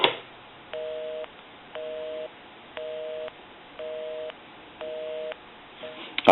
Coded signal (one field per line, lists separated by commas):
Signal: telephone call progress tone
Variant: North America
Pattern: busy tone